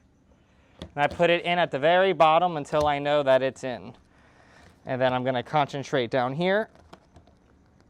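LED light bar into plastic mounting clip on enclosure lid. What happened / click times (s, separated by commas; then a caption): The light bar is being worked into its clip but has not snapped home yet / none. An LED grow light bar is pressed into its plastic mounting clip on the underside of an enclosure lid, working along the bottom edge, while someone talks. Two brief taps are heard at 0.8 s and 6.9 s, but nothing has seated or clicked yet.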